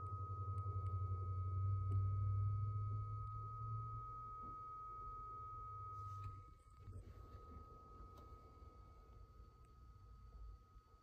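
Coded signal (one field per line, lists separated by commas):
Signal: 300-baud modem data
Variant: Bell 103 acoustic coupler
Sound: a steady mid-pitched carrier tone held for the whole clip over a low rumbling hum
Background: low hum, room noise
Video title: Livermore Data Systems (Model B 300 Baud Modem) calling the Level 29 BBS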